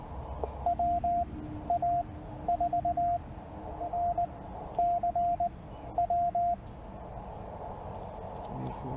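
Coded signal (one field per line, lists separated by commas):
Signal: Morse code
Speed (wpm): 17 wpm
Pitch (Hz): 690 Hz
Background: radio noise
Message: WA4NCW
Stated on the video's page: CW from a solo Parks on the Air activation, using an end-fed half-wave antenna on a travel mast.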